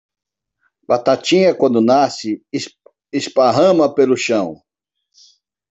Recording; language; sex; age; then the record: short text; Brazilian Portuguese; male; 50 to 59 years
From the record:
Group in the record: control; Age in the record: 57 years